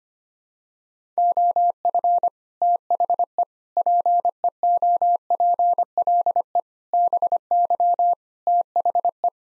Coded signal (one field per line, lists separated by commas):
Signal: Morse code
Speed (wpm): 25 wpm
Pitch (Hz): 700 Hz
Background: none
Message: OF THE PEOPLE BY THE